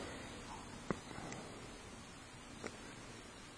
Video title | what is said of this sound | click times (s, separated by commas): Vickis Car Clinic for Beginners: Complete Front Brakes Replacement | and now just go ahead and push the pin right back in all the way until it snaps back into the boot okay | 0.9 s